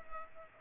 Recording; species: mosquito wingbeat signal from an infrared sensor; Culex pipiens